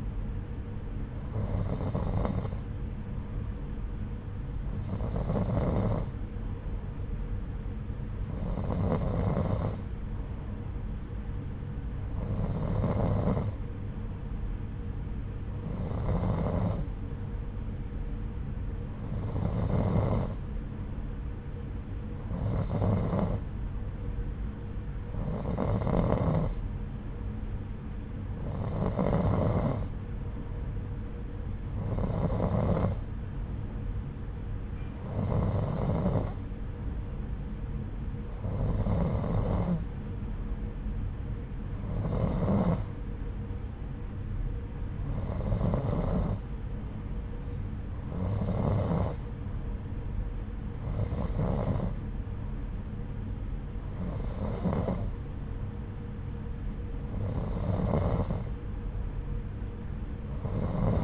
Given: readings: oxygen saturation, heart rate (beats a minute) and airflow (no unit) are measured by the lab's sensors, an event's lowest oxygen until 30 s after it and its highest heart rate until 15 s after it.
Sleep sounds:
breathing in sleep by a smartphone at the bedside; none
none scored
From the record:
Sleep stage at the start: N2 (light sleep); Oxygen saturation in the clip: 90 to 91%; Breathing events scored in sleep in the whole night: 303 in 8.1 hours asleep

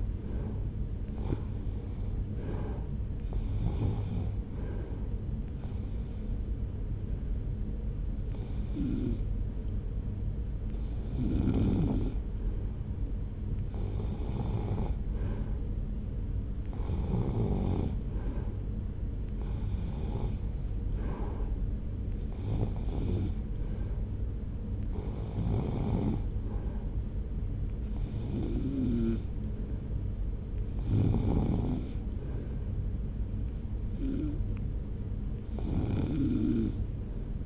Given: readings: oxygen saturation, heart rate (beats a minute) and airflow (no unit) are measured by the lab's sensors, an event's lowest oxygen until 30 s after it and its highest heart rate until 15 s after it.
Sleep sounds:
breathing in sleep by a smartphone at the bedside; none
none scored
From the record:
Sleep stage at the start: REM sleep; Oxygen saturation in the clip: 82 to 91%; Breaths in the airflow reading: 11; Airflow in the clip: -0.8 to 0.9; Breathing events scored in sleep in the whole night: 335 in 6.7 hours asleep

